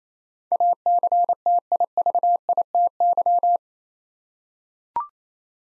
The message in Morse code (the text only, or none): ACTIVITY